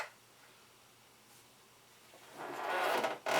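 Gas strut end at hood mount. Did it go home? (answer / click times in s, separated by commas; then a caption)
no / none. A hood gas strut on a 2002 Ford Explorer is moved and lined up toward the top hood mount before being pulled into place. Faint handling gives way to louder rubbing and scraping from about 2.3 s to the end, with no hits. Nothing has seated or clicked yet.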